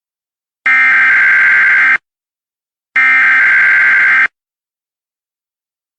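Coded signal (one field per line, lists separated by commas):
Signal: Emergency Alert System (SAME) tones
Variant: header bursts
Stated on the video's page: Example alert made with an Emergency Alert System Creator.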